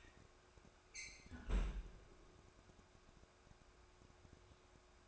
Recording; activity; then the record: daily activity, microphone in the room; close fridge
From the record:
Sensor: 2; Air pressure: 1004.5 hPa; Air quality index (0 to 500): 184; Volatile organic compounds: 10 ppm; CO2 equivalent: 2212 ppm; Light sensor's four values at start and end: 4/11/4/4 and 4/11/4/4